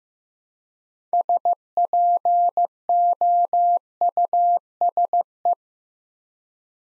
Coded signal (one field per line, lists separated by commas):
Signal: Morse code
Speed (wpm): 15 wpm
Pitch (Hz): 700 Hz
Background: none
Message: SPOUSE